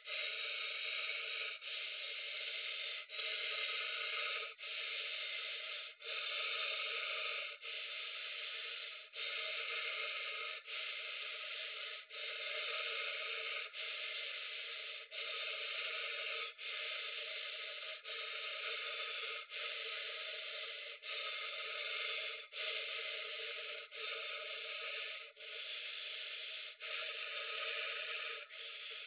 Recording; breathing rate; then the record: paced breathing near a phone; 20 breaths a minute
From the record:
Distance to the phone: 20 cm